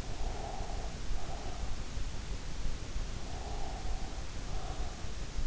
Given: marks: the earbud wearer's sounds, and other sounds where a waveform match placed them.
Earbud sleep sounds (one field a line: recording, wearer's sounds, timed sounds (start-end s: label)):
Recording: sounds in sleep by an in-ear microphone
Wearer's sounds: breath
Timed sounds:
0.12-1.94 s: breath
3.19-5.14 s: breath